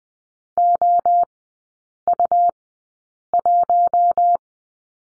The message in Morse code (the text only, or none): OU1